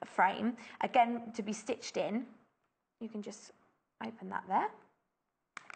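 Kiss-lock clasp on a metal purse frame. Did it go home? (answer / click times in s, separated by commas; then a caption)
yes / 5.6 s. A woman talks while opening and then closing the kiss-lock clasp on a gold metal purse frame with red detail on the clasp, a frame meant to be stitched in. The clasp snaps shut with a sharp click at 5.6 s, followed by a softer tick just after.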